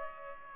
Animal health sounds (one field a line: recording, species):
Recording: mosquito wingbeat signal from an infrared sensor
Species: Culex pipiens